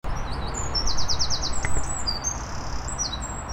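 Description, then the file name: Eurasian wren song: high, thin notes in a quick repeated series, followed by drawn-out high whistles. A loud, steady low rumble lies underneath. "Troglodytes troglodytes"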